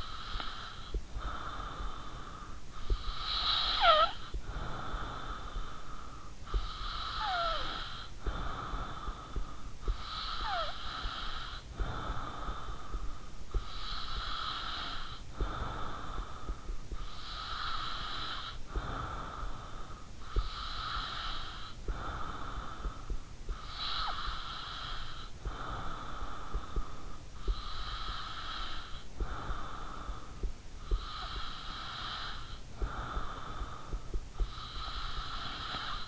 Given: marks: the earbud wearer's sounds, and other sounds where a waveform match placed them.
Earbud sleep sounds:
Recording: sounds in sleep by an in-ear microphone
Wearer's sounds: breath, snoring breath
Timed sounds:
0.00-2.68 s: breath
2.68-13.18 s: snoring breath
13.18-36.08 s: breath

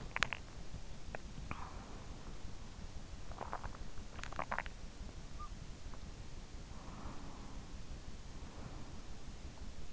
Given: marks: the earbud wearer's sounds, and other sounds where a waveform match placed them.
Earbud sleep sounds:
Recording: sounds in sleep by an in-ear microphone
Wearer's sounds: teeth grinding, swallowing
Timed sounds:
0.00-2.34 s: teeth grinding
2.74-5.69 s: swallowing

